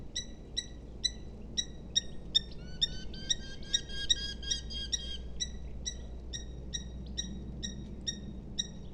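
Eurasian hobby calls, a fast steady series of sharp harmonic notes, with a second overlapping chattering run in the middle; faint background rumble.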